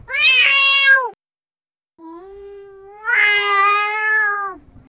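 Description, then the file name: Cat giving voiced yawns: two drawn-out, harmonic, moaning sounds. The first is loud; after a pause, the second starts as a quieter steady tone and swells into a loud, stretched ending. Cat yawning with voice. "yawning as a voice"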